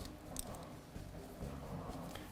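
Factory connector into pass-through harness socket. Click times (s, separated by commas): 0.4 s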